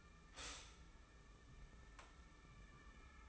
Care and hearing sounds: daily activity, microphone in the room; stop toaster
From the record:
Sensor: 1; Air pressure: 994.5 hPa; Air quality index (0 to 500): 224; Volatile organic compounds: 1000 ppm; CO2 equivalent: 8058 ppm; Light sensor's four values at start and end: 92/205/90/93 and 92/206/91/93

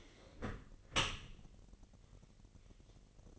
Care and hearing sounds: daily activity, microphone in the room; close dishwasher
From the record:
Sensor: 4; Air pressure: 1001.4 hPa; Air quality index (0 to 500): 249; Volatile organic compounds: 45 ppm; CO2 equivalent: 3223 ppm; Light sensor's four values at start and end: 8/18/7/6 and 8/17/6/6

